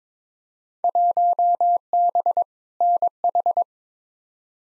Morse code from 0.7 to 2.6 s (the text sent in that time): 1B